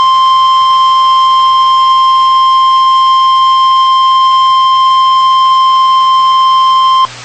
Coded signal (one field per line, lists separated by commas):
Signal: Emergency Alert System (SAME) tones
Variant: 1050 Hz attention tone